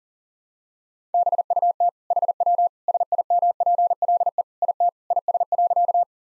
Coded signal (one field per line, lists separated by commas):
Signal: Morse code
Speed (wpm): 40 wpm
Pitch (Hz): 700 Hz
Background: none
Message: BUT HW SIMPLE IT IS.